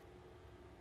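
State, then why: Not seated. A metal slide stop pin is handled at the hole in a Kimber Micro 9 pistol frame, being lined up with the barrel lug before it is pressed in. Only a steady, low broadband hum with no distinct sharp sounds is heard. Nothing has seated or clicked yet.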